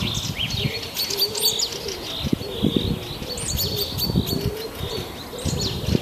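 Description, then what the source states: Birds give high twittering chirps alongside a run of low, mellow coos, with scattered knocking or thumping noises in the background. Birdsong in a forest.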